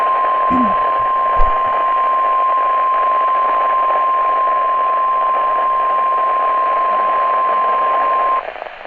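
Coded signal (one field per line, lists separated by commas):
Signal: Emergency Alert System (SAME) tones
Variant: 1050 Hz attention tone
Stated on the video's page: Severe weather alerts received on a NOAA Weather Radio during an active storm period in Illinois.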